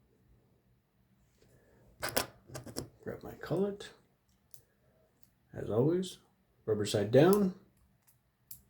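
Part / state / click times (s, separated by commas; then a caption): 9mm cartridge into a bullet puller collet / seated / 8.5 s. A 9mm cartridge is pushed, rubber side down, into the rubber-lined collet of an inertia bullet puller. Someone talks, then a single sharp, short click at 8.5 s shows the cartridge has snapped in and seated in the collet.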